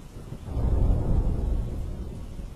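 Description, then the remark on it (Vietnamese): A deep, rumbling thunderclap swells in and rolls on steadily over a constant hiss of falling rain, with no voices. “Tiếng sét xé lòng một lần nữa lại vang lên, hất lên trên khuôn mặt xanh xao tím tái của con gái bà.”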